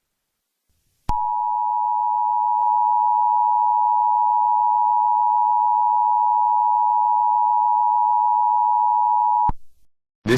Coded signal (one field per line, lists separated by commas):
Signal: Emergency Alert System (SAME) tones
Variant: 853 and 960 Hz attention tone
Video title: EAS 19 MOCK AMBER ALERT SOUTH CAROLINA